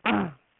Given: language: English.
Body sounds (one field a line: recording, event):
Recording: throat vibration sensor signal played as sound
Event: throat clearing